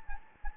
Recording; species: mosquito wingbeat signal from an infrared sensor; Anopheles gambiae